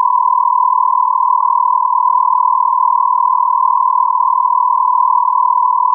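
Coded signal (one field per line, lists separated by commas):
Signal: radio time signal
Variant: Beta, RJH77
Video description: 09:46 : On-off (40 Hz)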